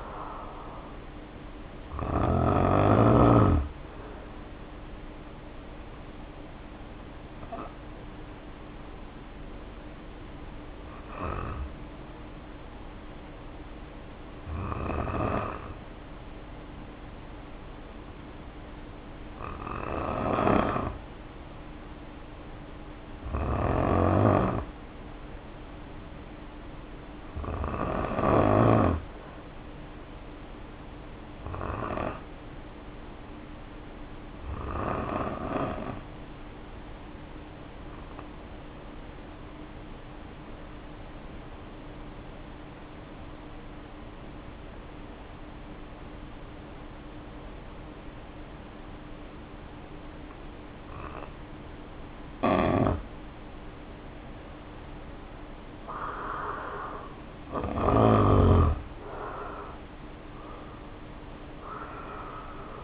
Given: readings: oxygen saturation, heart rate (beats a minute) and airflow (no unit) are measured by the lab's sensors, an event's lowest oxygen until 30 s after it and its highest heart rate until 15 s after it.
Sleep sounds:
breathing in sleep by a voice recorder at the bedside; 1
3.00-33.00 s: new sleep stage, N1 (lightest sleep)
8.00-53.80 s: hypopnea (N1, oxygen 93% highest, then 78% lowest, heart rate 51 at the start, 62 highest)
33.00-62.84 s: new sleep stage, N2 (light sleep)
From the record:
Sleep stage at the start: N2 (light sleep); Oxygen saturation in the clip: 74 to 93%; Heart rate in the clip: 50 to 69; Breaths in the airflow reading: 17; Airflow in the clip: -2.2 to 2.7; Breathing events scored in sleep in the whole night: 520 in 7.2 hours asleep

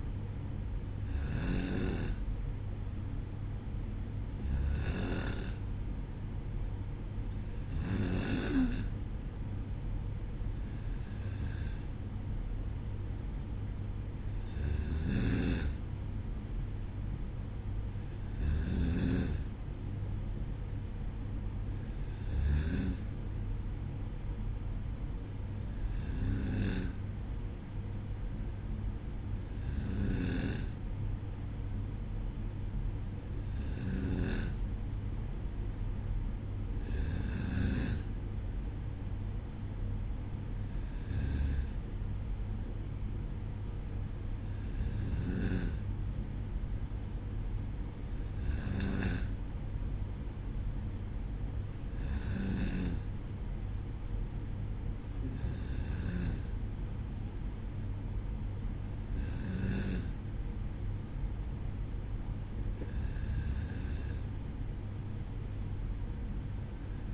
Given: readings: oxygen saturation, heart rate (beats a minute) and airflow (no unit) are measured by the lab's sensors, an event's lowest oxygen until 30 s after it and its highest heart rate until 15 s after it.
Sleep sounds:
breathing in sleep by a smartphone at the bedside; none
none scored
From the record:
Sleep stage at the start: N2 (light sleep); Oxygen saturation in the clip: 93 to 94%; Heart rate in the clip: 56 to 59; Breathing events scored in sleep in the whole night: 305 in 9.6 hours asleep

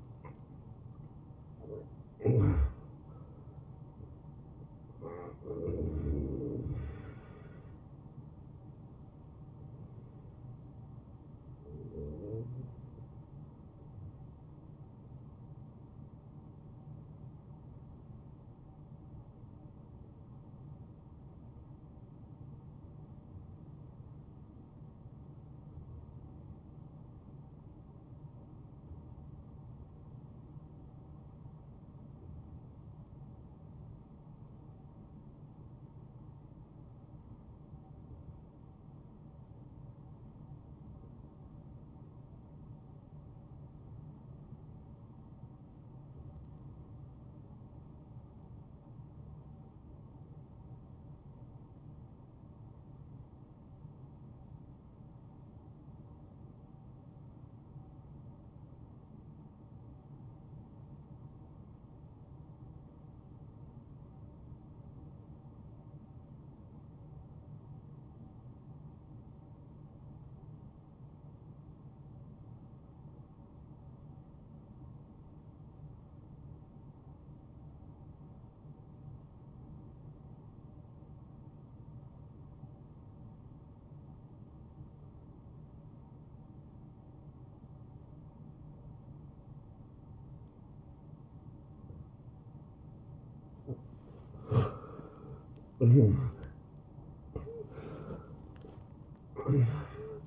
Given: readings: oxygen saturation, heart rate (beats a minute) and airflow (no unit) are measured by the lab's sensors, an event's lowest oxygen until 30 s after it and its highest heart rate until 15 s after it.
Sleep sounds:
breathing in sleep by a smartphone at the bedside; 1
17.00-92.80 s: hypopnea (N1, oxygen 96% highest, then 75% lowest)
32.00-92.00 s: new sleep stage, N2 (light sleep)
92.00-100.27 s: new sleep stage, N1 (lightest sleep)
From the record:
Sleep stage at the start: N1 (lightest sleep); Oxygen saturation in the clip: 82 to 96%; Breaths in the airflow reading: 10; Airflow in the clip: -22.4 to 9.8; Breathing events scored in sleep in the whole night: 263 in 5.5 hours asleep

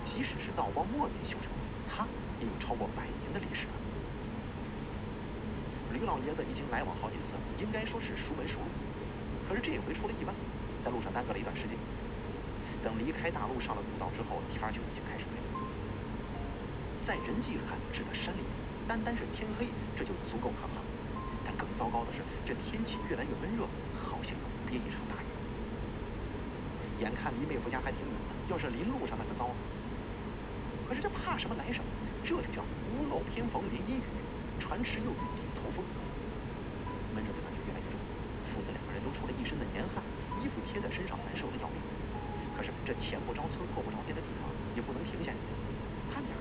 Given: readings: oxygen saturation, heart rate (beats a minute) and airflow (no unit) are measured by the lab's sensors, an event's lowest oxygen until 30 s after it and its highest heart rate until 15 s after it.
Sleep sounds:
a person awake in a sleep study, by a voice recorder at the bedside; none
0.00-46.41 s: awake
From the record:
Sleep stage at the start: awake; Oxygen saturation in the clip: 94%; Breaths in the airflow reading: 13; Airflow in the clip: -1.6 to 3.0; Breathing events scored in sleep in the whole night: 335 in 6.7 hours asleep

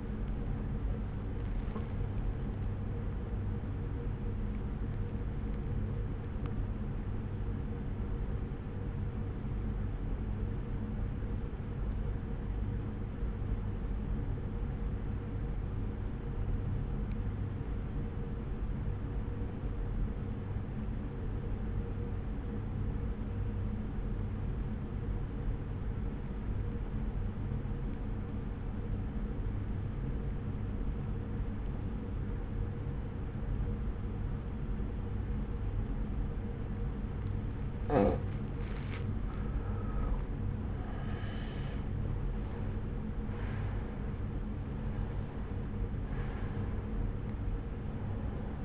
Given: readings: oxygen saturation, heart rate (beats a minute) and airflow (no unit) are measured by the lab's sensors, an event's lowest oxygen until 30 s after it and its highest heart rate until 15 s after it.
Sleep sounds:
breathing in sleep by a smartphone at the bedside; 1
8.00-38.00 s: new sleep stage, N2 (light sleep)
10.00-38.70 s: obstructive apnea (N2, oxygen 94% highest, then 86% lowest)
38.00-48.65 s: new sleep stage, N1 (lightest sleep)
From the record:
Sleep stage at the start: N1 (lightest sleep); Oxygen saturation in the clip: 88 to 94%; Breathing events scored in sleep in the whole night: 303 in 8.1 hours asleep

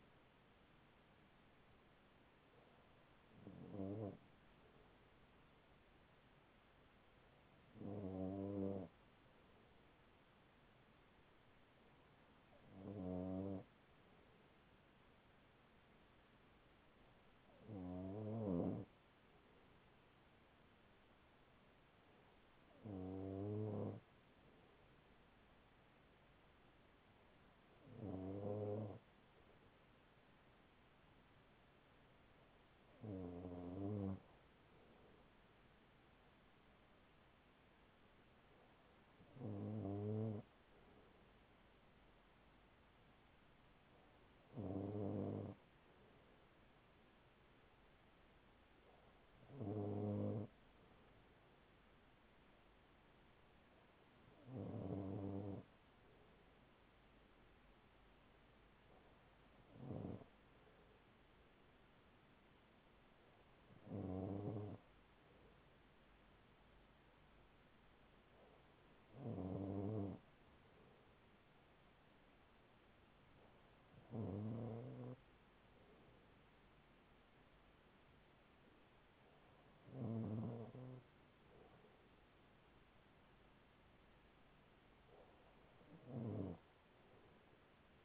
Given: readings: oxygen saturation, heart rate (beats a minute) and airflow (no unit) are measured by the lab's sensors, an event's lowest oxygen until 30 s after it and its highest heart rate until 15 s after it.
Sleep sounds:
breathing in sleep by a voice recorder at the bedside; none
none scored
From the record:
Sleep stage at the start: N2 (light sleep); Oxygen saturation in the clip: 94 to 95%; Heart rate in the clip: 39 to 43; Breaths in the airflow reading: 17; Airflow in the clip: -5.8 to 5.0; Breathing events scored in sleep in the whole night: 207 in 7.6 hours asleep

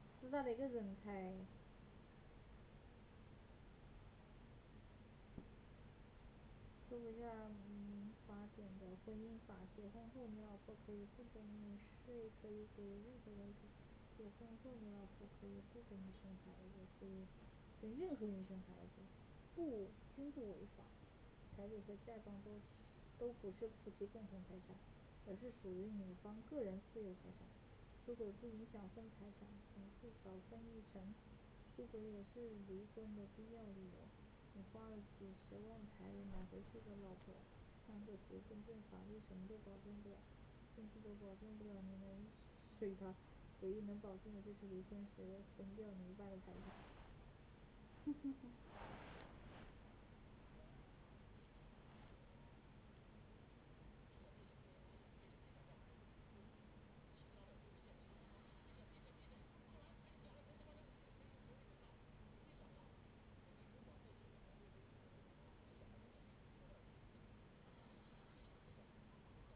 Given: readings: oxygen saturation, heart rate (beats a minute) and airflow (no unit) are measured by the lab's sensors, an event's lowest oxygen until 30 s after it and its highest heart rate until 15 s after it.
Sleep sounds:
a person awake in a sleep study, by a voice recorder at the bedside; none
0.00-69.56 s: awake
0.00-69.56 s: awake
From the record:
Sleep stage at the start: awake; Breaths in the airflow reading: 26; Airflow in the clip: -0.7 to 0.7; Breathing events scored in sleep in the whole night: 496 in 5.4 hours asleep

